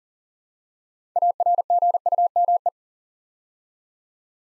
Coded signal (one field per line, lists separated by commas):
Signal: Morse code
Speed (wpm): 40 wpm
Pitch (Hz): 700 Hz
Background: none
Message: ARGUME